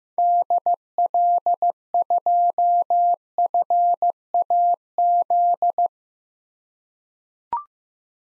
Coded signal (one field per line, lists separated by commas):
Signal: Morse code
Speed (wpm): 15 wpm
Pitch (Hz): 700 Hz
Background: none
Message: DL2FAZ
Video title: 2023 SOTA Activator Call Signs - 15wpm